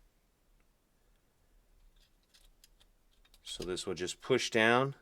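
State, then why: Not seated. During a 2022–2024 BMW 7 Series (740i/760i) key fob battery replacement, the silver metal cover is lined up over the plastic key fob housing before being pushed down to snap in. A few faint, light ticks sound around 2.6 to 3.3 seconds, then someone talks. Nothing has seated or clicked yet.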